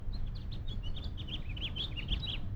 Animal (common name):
House Finch